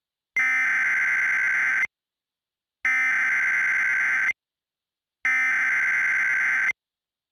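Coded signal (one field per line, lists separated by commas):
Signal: Emergency Alert System (SAME) tones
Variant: header bursts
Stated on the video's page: Fictional EAS scenario containing valid tones, made on a phone.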